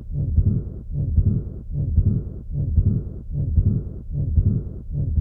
Mixed aortic valve disease loud and harsh ejection systolic murmur, which is followed by a long decrescendo diastolic murmur. Second sound is absent, suggesting relatively more stenosis than regurgitation.